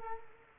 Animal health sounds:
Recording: mosquito wingbeat signal from an infrared sensor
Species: Culex quinquefasciatus

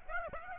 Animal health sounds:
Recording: mosquito wingbeat signal from an infrared sensor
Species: Aedes aegypti

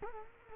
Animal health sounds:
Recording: mosquito wingbeat signal from an infrared sensor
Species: Culex quinquefasciatus

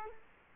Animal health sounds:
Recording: mosquito wingbeat signal from an infrared sensor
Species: Culex quinquefasciatus

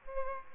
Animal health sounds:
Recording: mosquito wingbeat signal from an infrared sensor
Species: Aedes aegypti

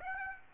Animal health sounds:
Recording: mosquito wingbeat signal from an infrared sensor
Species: Aedes aegypti

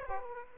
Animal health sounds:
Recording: mosquito wingbeat signal from an infrared sensor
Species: Aedes aegypti

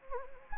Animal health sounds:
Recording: mosquito wingbeat signal from an infrared sensor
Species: Anopheles gambiae

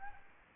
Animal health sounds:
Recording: mosquito wingbeat signal from an infrared sensor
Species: Aedes aegypti

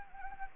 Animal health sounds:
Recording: mosquito wingbeat signal from an infrared sensor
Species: Anopheles gambiae

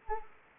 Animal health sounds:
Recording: mosquito wingbeat signal from an infrared sensor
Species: Anopheles arabiensis

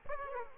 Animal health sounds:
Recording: mosquito wingbeat signal from an infrared sensor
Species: Aedes aegypti

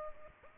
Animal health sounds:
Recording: mosquito wingbeat signal from an infrared sensor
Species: Culex pipiens

